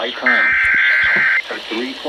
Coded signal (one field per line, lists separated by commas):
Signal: Emergency Alert System (SAME) tones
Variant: header bursts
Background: speech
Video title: Severe Thunderstorm Warning (SVR) EAS 256-265)